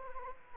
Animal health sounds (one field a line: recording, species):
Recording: mosquito wingbeat signal from an infrared sensor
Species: Anopheles arabiensis